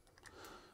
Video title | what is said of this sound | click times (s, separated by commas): ATC Spindle Install | just simply putting them on top give them a push they lock into place | 0.3 s